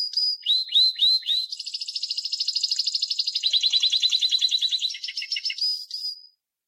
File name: Canary Voice